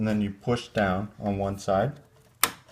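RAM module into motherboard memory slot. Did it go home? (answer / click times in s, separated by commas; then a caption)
yes / 2.4 s. Someone talks while one side of a DDR3 RAM stick is pressed down into a motherboard memory slot. At 2.4 s, a sharp click is heard as the slot's retention clip snaps shut, and the module is seated.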